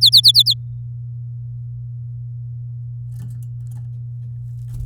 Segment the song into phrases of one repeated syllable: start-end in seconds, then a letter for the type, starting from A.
0.01-0.54 A